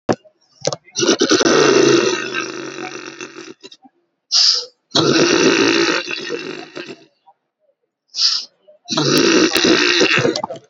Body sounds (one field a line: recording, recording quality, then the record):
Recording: deep breathing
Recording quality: excellent, no background noise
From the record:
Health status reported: COVID-19 positive, mild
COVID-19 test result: positive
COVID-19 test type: RT-PCR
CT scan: not taken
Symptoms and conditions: cough, cold, muscle pain, chronic lung disease, ischaemic heart disease, another condition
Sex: female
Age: 81 years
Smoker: no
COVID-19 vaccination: none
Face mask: not worn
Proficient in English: no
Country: India